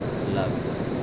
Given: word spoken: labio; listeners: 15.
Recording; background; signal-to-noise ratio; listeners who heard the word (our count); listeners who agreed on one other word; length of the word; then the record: one Spanish word in noise, from a listening test; speech-shaped noise; -5.1 dB; 5 of 15; 6 of 15; 0.64 s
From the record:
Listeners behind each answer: 6, 5, 1, 1, 1, 1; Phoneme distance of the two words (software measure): 17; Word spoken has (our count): 2 syllables, 5 phonemes, stress on syllable 1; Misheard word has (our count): 2 syllables, 4 phonemes, stress on syllable 1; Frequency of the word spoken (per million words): 6.15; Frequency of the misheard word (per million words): 310.14